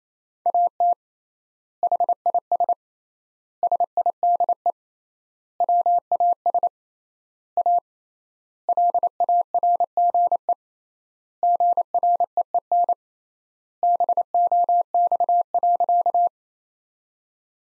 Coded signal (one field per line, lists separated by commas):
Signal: Morse code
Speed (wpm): 28 wpm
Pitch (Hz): 700 Hz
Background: none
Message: AT HIS SIDE WAS A LARGE GREEN BOX.